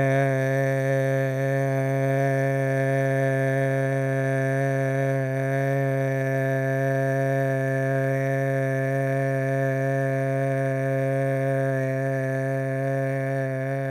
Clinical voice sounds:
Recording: sustained vowel /e/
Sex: male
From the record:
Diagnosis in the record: Parkinson's disease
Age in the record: 50 years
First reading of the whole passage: 72 s, 7.2 characters per second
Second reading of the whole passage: 54 s, 9.6 characters per second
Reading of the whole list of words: 40 s, 7.1 characters per second

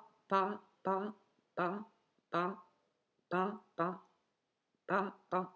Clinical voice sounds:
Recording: repeated syllable /pa/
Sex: female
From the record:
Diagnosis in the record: healthy control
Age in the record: 70 years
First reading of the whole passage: 149 s, 3.0 characters per second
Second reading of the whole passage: 105 s, 4.4 characters per second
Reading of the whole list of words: 65 s, 4.0 characters per second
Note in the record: marked for poor recording quality or reading difficulty

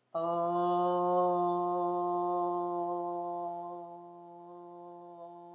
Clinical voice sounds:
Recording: sustained vowel /o/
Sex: female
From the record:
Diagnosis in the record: healthy control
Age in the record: 69 years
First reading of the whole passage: 64 s, 7.9 characters per second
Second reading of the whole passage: 54 s, 9.5 characters per second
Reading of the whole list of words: 33 s, 8.4 characters per second

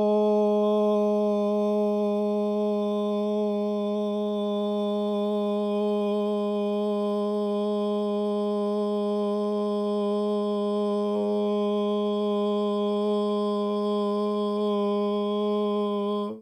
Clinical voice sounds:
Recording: sustained vowel /o/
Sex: male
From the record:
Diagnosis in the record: Parkinson's disease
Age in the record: 71 years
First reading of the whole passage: 60 s, 8.7 characters per second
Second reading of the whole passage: 57 s, 9.1 characters per second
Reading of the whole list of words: 54 s, 5.3 characters per second

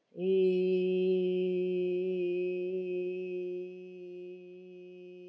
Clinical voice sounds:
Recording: sustained vowel /i/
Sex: female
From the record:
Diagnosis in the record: healthy control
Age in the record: 61 years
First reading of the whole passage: 59 s, 8.5 characters per second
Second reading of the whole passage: 54 s, 7.6 characters per second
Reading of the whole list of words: 57 s, 4.9 characters per second

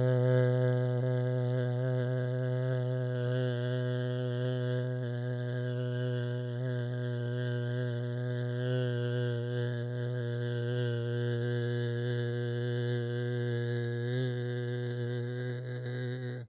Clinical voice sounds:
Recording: sustained vowel /e/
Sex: male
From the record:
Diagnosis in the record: Parkinson's disease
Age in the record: 68 years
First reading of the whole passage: 85 s, 6.1 characters per second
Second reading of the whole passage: 63 s, 8.2 characters per second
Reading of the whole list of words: 49 s, 5.8 characters per second

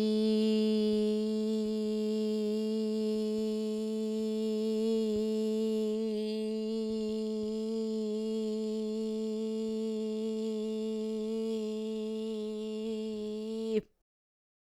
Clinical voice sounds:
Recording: sustained vowel /i/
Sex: female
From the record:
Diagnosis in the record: Parkinson's disease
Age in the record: 40 years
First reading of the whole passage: 61 s, 7.8 characters per second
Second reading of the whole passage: 52 s, 9.9 characters per second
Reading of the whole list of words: 55 s, 5.1 characters per second

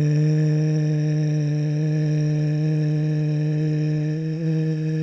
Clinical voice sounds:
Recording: sustained vowel /e/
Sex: male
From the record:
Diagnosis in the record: Parkinson's disease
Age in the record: 65 years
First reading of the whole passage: 164 s, 3.2 characters per second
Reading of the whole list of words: 151 s, 1.9 characters per second

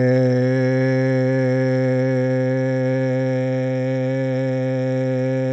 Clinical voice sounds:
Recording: sustained vowel /e/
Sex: male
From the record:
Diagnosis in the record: Parkinson's disease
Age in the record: 71 years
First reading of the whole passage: 50 s, 10.4 characters per second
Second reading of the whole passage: 45 s, 11.4 characters per second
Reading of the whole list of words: 37 s, 7.6 characters per second

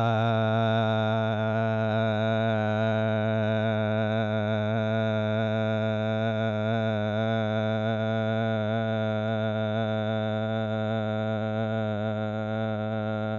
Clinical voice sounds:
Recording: sustained vowel /a/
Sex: male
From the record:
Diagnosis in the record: Parkinson's disease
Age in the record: 72 years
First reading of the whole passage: 118 s, 4.4 characters per second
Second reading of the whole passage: 99 s, 5.2 characters per second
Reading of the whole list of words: 88 s, 3.2 characters per second

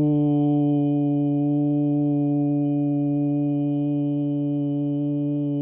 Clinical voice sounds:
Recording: sustained vowel /u/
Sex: male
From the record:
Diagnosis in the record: Parkinson's disease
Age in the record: 70 years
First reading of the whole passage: 112 s, 4.6 characters per second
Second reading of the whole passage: 107 s, 4.9 characters per second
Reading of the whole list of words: 68 s, 4.1 characters per second

